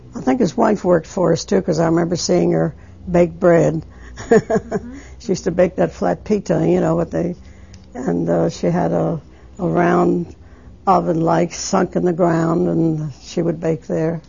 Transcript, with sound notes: I think his wife worked for us, too, because I remember seeing her bake bread. ( she laughs ) She used to bake that flat pita, you know, that they, and, uh, she had a, a round oven, like, sunk in the ground, and she would bake there.